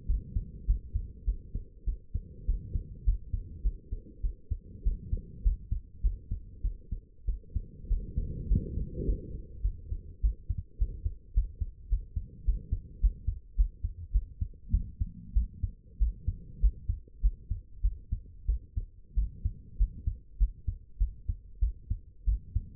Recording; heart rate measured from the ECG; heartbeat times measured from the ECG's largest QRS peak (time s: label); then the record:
heart sounds by stethoscope; 100 bpm
0.07 s: heartbeat
0.66 s: heartbeat
1.25 s: heartbeat
1.86 s: heartbeat
2.46 s: heartbeat
3.05 s: heartbeat
3.63 s: heartbeat
4.22 s: heartbeat
4.84 s: heartbeat
5.43 s: heartbeat
6.02 s: heartbeat
6.62 s: heartbeat
7.26 s: heartbeat
7.88 s: heartbeat
8.48 s: heartbeat
9.05 s: heartbeat
9.62 s: heartbeat
10.22 s: heartbeat
10.79 s: heartbeat
11.34 s: heartbeat
11.89 s: heartbeat
12.45 s: heartbeat
13.01 s: heartbeat
13.56 s: heartbeat
14.12 s: heartbeat
14.71 s: heartbeat
15.34 s: heartbeat
15.99 s: heartbeat
16.61 s: heartbeat
17.21 s: heartbeat
17.82 s: heartbeat
18.47 s: heartbeat
19.15 s: heartbeat
19.78 s: heartbeat
20.38 s: heartbeat
20.99 s: heartbeat
21.60 s: heartbeat
22.25 s: heartbeat
From the record:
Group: healthy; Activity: rest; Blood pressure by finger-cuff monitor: 97/62 mmHg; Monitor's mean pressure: 77 mmHg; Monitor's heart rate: 100 bpm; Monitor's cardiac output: 8.5 L/min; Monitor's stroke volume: 86 mL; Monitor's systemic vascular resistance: 660 dyn s/cm5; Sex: female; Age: 22 years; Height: 161 cm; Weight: 65.5 kg